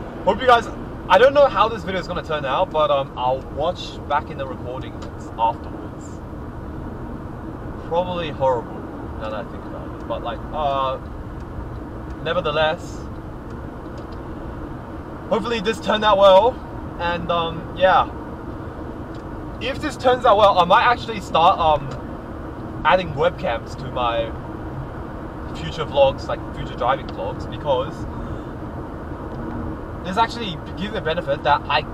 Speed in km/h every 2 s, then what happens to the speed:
79, 82, 85, 82, 82, 83, 87, 93, 94, 96, 95, 98, 100, 98, 95, 94.
0-9 steady at about 82. 9-23 speeds up to 100. 23-32 steady at about 95.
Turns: none.